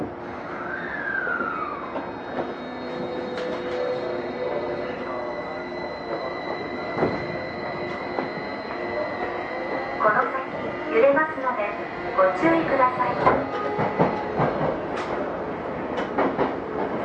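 A Tokyo Metro 05 series wide-door train runs between Nakano and Nishi-Funabashi, with a steady low rumble and long whining motor tones that glide and hold. After about ten seconds, clacks and rattles pile up and the sound grows busier and louder, with faint voices underneath.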